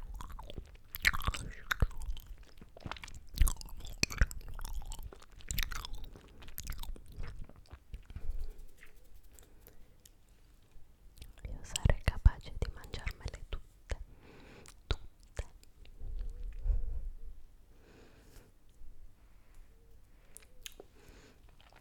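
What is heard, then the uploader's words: Wet chewing and crunching of hard candy comes in bursts, busiest early and around twelve seconds, with quieter sucking pauses. EATING SOUNDS LOLLIPOP CANDY.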